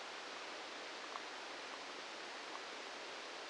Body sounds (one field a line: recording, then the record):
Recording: brain microelectrode recording played as sound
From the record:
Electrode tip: outside the subthalamic nucleus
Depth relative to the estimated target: -4 mm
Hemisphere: right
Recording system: NeuroSet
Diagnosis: Parkinson's disease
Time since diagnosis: 10 years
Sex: male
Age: 56 years